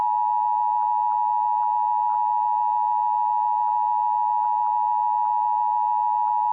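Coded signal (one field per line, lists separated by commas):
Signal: Emergency Alert System (SAME) tones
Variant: 853 and 960 Hz attention tone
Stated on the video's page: Required Monthly Test captured on several TV channels.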